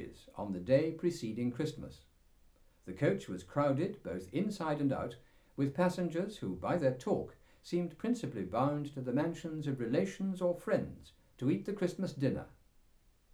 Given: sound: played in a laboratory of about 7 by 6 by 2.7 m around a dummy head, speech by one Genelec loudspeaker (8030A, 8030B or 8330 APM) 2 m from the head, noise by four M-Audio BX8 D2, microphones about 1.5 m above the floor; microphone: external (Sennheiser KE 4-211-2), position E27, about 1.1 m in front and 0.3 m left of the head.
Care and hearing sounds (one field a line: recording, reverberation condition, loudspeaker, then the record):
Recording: male speech in English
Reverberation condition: low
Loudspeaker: 60 degrees to the left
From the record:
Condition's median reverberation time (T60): about 310 ms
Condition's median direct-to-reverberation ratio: about 3.5 dB